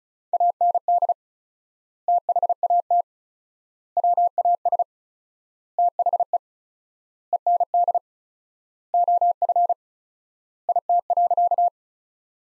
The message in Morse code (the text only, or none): AND THAT WAS THE END OF IT.